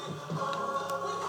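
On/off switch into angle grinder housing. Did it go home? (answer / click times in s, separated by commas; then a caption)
no / none. Someone presses an on/off switch back into an angle grinder's plastic housing over music, with pushing and handling sounds. The switch fails to snap in, and nothing has seated or clicked yet.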